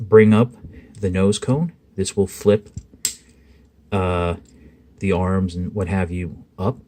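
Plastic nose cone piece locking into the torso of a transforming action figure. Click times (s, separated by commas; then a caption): 3.1 s. Someone talks while flipping up the plastic nose cone of a transforming action figure, which carries the arms up with it. At 3.0 seconds a sharp snap is heard as the nose cone locks into place in the torso, seating it.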